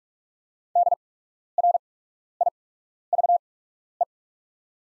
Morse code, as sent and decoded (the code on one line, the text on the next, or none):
-.. .-. .. ...- .
DRIVE